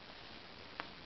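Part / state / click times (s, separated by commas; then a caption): rubber foot into laptop bottom case / seated / 0.8 s. A replacement rubber foot is lined up on the bottom case of a Retina MacBook Pro and pressed in. A single sharp click is heard at 0.8 s over steady low background noise as the foot seats into place.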